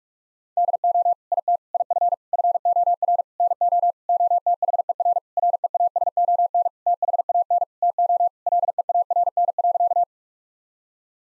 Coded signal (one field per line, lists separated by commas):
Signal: Morse code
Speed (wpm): 46 wpm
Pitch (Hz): 700 Hz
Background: none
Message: DO IT IF FOR NO OTHER REASON THAN TO LEARN.